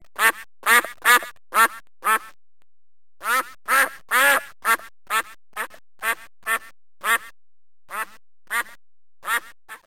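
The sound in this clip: Duck quacking in short nasal bursts, a quick run of five, a pause, then steadier single and paired quacks spaced about half a second to a second apart.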